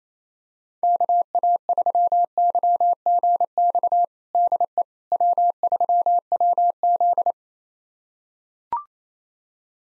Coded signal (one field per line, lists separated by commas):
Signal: Morse code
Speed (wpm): 28 wpm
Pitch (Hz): 700 Hz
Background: none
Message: KA3YGX DE W3WZ